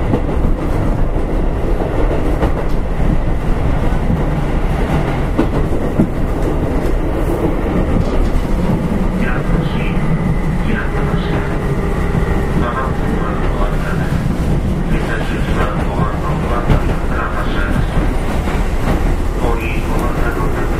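Running noise recorded aboard a Keihan Electric Railway 5000 series train on the Keihan main line: a dense, steady low rumble and rattle with no pauses. Voices murmur through the middle, and faint rising and falling tones surface around 9 to 17 seconds.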